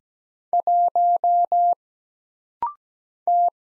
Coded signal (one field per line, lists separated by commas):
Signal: Morse code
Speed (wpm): 17 wpm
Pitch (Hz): 700 Hz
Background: none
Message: 1 T